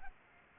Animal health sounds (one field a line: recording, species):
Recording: mosquito wingbeat signal from an infrared sensor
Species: Culex pipiens